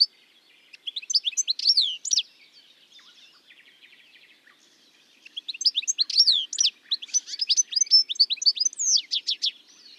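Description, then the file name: European goldfinch song: rapid twittering phrases of bright, tinkling notes and liquid trills, two bursts separated by a quiet pause of a few seconds. "life dviete. carduelis carduelis"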